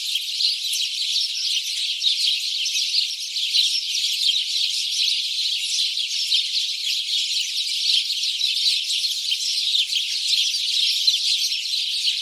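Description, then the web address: House sparrow flock calling constantly, a thick layer of overlapping cheeps holding an even level throughout. "SETE data Passer domesticus"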